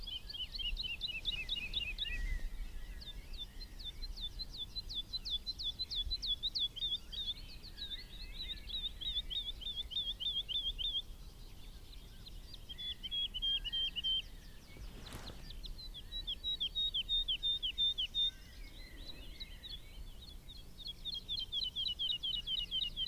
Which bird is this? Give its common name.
Wood Lark